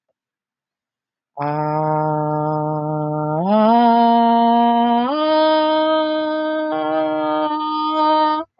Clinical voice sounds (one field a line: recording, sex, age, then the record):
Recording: vowel held as long as possible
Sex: female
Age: 30 to 39 years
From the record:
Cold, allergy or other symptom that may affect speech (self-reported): no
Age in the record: 33 years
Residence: New Jersey, United States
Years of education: 13